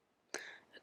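The battery and SD card compartment door of a Canon PowerShot SX730 HS compact camera is closed after the SD card is put back in. It latches shut with a single sharp click at 0.3 s, followed by a brief ringing tail and a fainter sound near the end. The door is locked in place.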